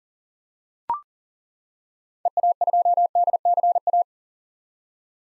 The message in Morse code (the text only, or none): EA2DCA